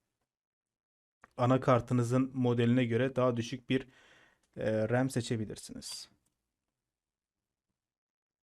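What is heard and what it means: A DDR4 memory module is handled at a motherboard DIMM slot while someone talks throughout, with a brief faint tick at about 1.2 s just before the talking begins. Nothing has seated or clicked into the slot yet.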